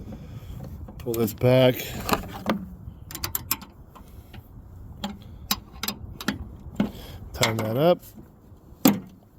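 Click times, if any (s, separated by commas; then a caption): 8.9 s. Someone talks while pulling back the mounting latch on a 95L Roam Adventure cargo case's mounting bracket and pushing it up, with several sharp clicks and knocks along the way. At 8.9 s a distinct click is heard as the latch locks, securing the case to the Rhino Pioneer platform roof rack on a Ram 2500 Cummins.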